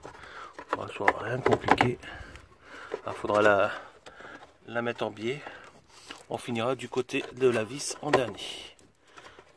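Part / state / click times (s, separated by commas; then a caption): heater blower resistor into heater unit housing / seated / 9.2 s. Someone talks while a new plastic-bodied heater blower resistor for a Twingo is angled into its slot in the heater unit housing and pushed in, finishing on the screw side. A short sharp click at 9.2 s marks the resistor snapping into place by itself, fully seated.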